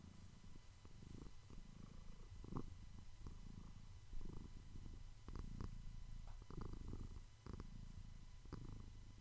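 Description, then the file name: Cat purring, a steady low rumbling throb with faint clicks and rustles over it. "purr 11"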